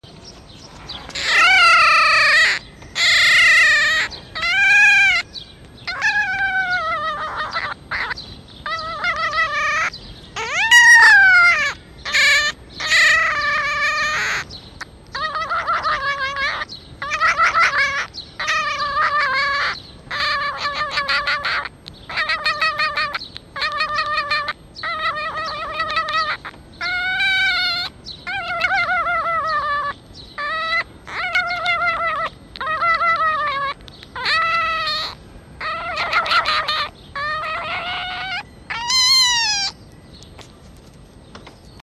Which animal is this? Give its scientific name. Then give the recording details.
Vulpes vulpes. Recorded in captivity. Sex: male. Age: juvenile. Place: Zoologisches Institut der HUB, Berlin, DE. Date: 1956-05-06 11:30. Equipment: Elmetra. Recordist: Tembrock, Günter. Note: Molly-Welpen; Männchen: Quärren, betont, Crescendo, Tremolo gepreßt